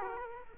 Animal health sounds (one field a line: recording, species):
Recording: mosquito wingbeat signal from an infrared sensor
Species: Culex quinquefasciatus